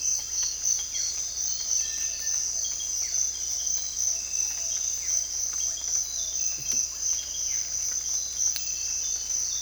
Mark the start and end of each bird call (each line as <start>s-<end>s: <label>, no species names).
0.00s-9.62s: bird call